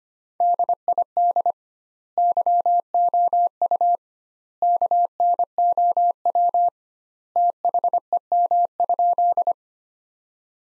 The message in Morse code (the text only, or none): DID YOU KNOW THEM?